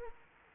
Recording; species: mosquito wingbeat signal from an infrared sensor; Anopheles arabiensis